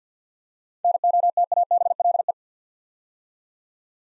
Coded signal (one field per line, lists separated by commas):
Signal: Morse code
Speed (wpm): 53 wpm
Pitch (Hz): 700 Hz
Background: none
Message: NOTABLE